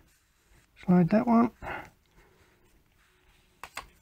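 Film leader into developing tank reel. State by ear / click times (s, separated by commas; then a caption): seated / 3.6 s, 3.8 s. Film leader is slid into the entry of a plastic developing tank reel and catches on both sides at once. Someone talks briefly, then two quick clicks are heard at 3.6 and 3.8 seconds as the leader seats.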